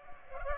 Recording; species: mosquito wingbeat signal from an infrared sensor; Culex pipiens